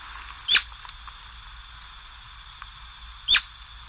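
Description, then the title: Atlantic royal flycatcher giving two sharp, high, downward-slurred notes about three seconds apart over a steady high insect-like hum. "LuckyPassaro Completos2Sama. Atlantic Royal Flycatcher (Onychorhynchus swainsoni)"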